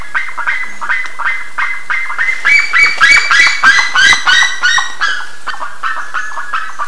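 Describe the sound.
Bird calls, a dense series of rapid harsh notes that grows louder and brighter midway, then eases back.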